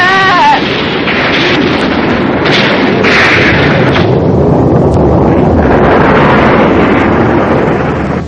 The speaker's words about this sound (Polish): Co się stało? To był jakiś wybuch.